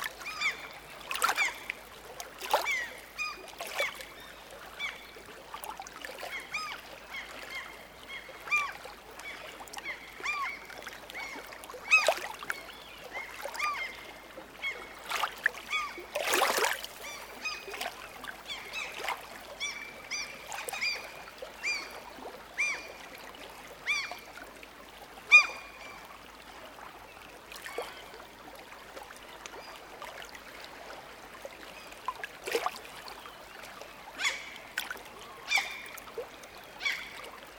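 Seasonal outdoor ambience with birds: many short, bright chirps and calls repeat through the whole stretch, some sharp clicks stand out, and a louder burst comes around sixteen seconds. Underneath runs a faint, steady hiss with a little trickling water.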